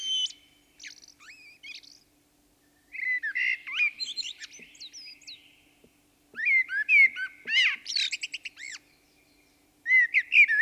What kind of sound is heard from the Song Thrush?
song